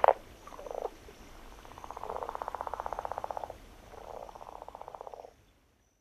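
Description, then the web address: Chiricahua leopard frog calling with a couple of brief grunts, then two rattling snore-like pulsed calls lasting about one and a half seconds each. "Songs of Frogs Toads of North America. Chiricahua Leopard Frog"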